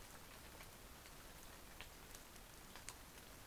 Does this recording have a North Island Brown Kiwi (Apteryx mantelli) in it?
no